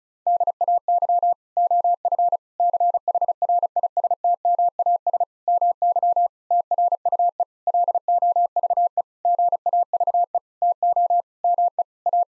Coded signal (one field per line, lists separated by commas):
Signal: Morse code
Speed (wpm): 34 wpm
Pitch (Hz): 700 Hz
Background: none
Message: DAY OF CHRISTMAS MY TRUE LOVE GAVE TO ME A